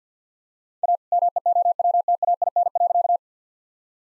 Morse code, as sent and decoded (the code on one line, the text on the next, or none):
.- / -- . --- .-- - .- .. -. .-.-.-
A MEOWTAIN.